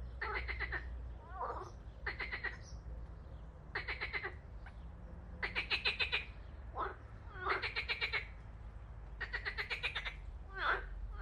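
Frog calling: rattling, pulsed croaks, about six bursts, interspersed with brief falling squeaky notes and a constant low hum.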